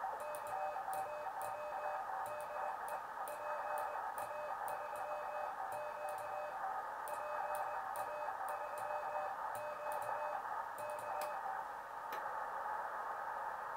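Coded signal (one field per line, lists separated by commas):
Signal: Morse code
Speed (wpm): 20 wpm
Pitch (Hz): 600 Hz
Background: none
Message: KAW DE PA3Q PA3 Q K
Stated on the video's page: CW contact via the FO-29 satellite, received on a Flex-1500 with a microwave converter and transmitted on a Yaesu FT-897.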